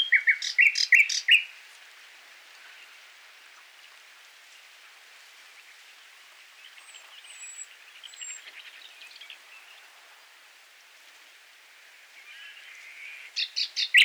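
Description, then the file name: Common nightingale song: rich loud phrases at the start and end, with quiet high notes and soft background noise between them. "Luscinia megarhynchos"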